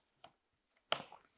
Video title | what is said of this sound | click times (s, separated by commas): DIY Iron Desk Lamp | There's a second click. Beautiful. So now that cover is secured on there. | 0.9 s